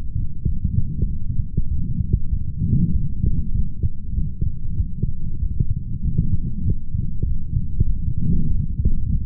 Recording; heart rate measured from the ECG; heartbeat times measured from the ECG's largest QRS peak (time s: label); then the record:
heart sounds by stethoscope; 97 bpm
0.46 s: heartbeat
1.07 s: heartbeat
1.68 s: heartbeat
2.30 s: heartbeat
2.92 s: heartbeat
3.53 s: heartbeat
4.15 s: heartbeat
4.77 s: heartbeat
5.39 s: heartbeat
6.02 s: heartbeat
6.63 s: heartbeat
7.25 s: heartbeat
7.86 s: heartbeat
8.48 s: heartbeat
9.09 s: heartbeat
From the record:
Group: healthy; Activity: light exercise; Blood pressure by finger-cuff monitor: 153/122 mmHg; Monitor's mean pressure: 132 mmHg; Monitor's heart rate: 97 bpm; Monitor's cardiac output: 4 L/min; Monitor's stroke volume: 41 mL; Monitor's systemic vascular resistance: 2520 dyn s/cm5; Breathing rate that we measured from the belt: 21 breaths a minute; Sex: male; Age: 55 years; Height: 167 cm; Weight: 57.2 kg